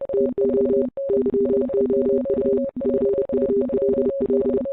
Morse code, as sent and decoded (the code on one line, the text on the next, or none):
- --- / -.-- --- ..- / ..-. ..- .-.. .-..
TO YOU FULL